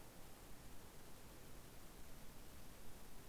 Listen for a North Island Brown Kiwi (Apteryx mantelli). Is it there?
no